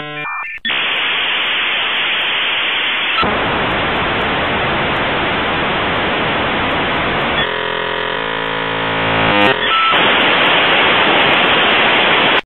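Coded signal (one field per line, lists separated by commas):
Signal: dial-up modem handshake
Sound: short tones, then loud harsh hiss changing character several times, brief buzzy striped section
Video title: Old school dial up internet sound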